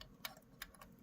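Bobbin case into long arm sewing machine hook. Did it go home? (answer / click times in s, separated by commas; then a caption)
no / none. A bobbin case is being put back into the hook of a long arm sewing machine after a bobbin adjustment. Light handling ticks sound at about 0.0, 0.3, 0.6 and 0.8 s over a faint low hum. Nothing has seated or clicked into the hook yet.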